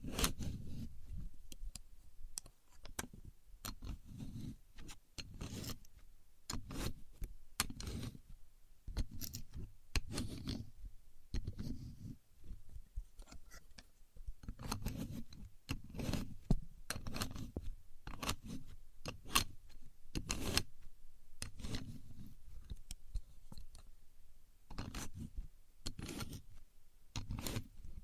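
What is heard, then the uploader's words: A contour gauge is pressed and handled, giving a steady run of sharp clicks and rattles as its metal pins shift and slide. Bursts arrive about every second across the whole stretch, some louder and brighter, with dull low thumps and soft scraping between them. Using A Contour Gauge (No Talking).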